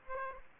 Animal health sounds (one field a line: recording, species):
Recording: mosquito wingbeat signal from an infrared sensor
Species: Aedes aegypti